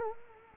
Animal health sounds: mosquito wingbeat signal from an infrared sensor; Culex quinquefasciatus

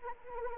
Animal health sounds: mosquito wingbeat signal from an infrared sensor; Anopheles arabiensis

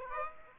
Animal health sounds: mosquito wingbeat signal from an infrared sensor; Aedes aegypti

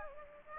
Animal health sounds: mosquito wingbeat signal from an infrared sensor; Aedes aegypti

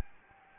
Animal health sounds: mosquito wingbeat signal from an infrared sensor; Anopheles gambiae

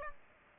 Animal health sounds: mosquito wingbeat signal from an infrared sensor; Aedes aegypti

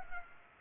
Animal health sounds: mosquito wingbeat signal from an infrared sensor; Culex pipiens

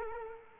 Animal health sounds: mosquito wingbeat signal from an infrared sensor; Culex quinquefasciatus

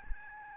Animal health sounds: mosquito wingbeat signal from an infrared sensor; Aedes albopictus

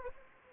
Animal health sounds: mosquito wingbeat signal from an infrared sensor; Anopheles gambiae

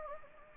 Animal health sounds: mosquito wingbeat signal from an infrared sensor; Anopheles gambiae

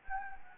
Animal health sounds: mosquito wingbeat signal from an infrared sensor; Anopheles gambiae

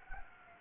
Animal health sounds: mosquito wingbeat signal from an infrared sensor; Anopheles gambiae

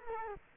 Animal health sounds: mosquito wingbeat signal from an infrared sensor; Culex quinquefasciatus

